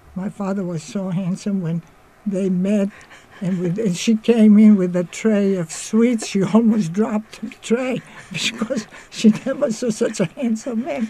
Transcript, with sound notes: My father was so handsome, when they met (both laughing) that she came in with a tray of sweets, she almost dropped the tray cause she never saw such a handsome man.